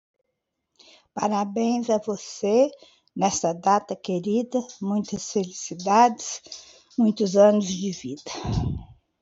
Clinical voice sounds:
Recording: short text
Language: Brazilian Portuguese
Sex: female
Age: 70 to 79 years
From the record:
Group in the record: control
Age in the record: 72 years

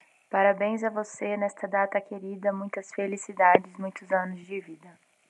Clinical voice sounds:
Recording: short text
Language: Brazilian Portuguese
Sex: female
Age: 30 to 39 years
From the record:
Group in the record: control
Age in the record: 30 years

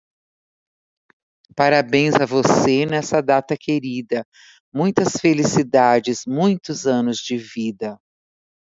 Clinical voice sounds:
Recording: short text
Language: Brazilian Portuguese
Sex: female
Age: 60 to 69 years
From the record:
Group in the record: control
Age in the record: 63 years

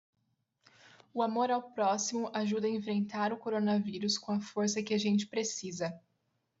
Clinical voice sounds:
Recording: spoken sentence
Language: Brazilian Portuguese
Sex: female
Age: 20 to 29 years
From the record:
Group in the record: control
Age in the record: 21 years

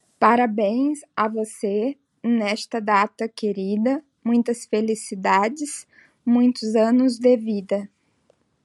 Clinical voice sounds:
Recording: short text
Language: Brazilian Portuguese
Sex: female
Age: 40 to 49 years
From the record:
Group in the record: control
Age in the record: 42 years

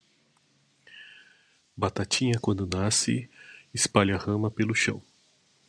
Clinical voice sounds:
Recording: short text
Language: Brazilian Portuguese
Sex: male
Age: 40 to 49 years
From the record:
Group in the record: control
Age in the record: 45 years

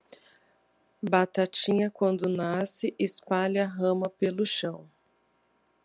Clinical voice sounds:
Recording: short text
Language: Brazilian Portuguese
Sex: female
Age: 30 to 39 years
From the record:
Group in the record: control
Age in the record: 35 years

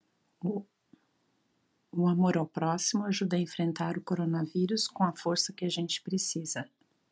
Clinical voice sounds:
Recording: spoken sentence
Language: Brazilian Portuguese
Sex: female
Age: 60 to 69 years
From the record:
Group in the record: control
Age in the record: 60 years

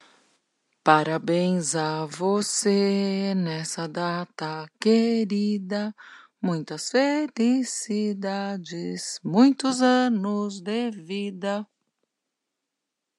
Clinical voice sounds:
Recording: short text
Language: Brazilian Portuguese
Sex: female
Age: 60 to 69 years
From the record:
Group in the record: control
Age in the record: 60 years

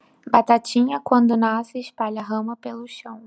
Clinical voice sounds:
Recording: short text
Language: Brazilian Portuguese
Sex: female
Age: 20 to 29 years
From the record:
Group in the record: control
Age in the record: 27 years

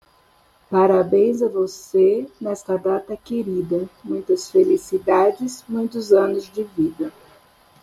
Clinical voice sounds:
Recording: short text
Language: Brazilian Portuguese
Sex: female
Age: 60 to 69 years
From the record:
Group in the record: control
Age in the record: 60 years

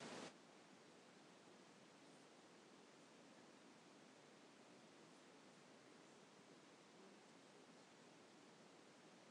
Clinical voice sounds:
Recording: short text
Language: Brazilian Portuguese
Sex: female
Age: 40 to 49 years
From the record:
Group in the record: control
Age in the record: 41 years

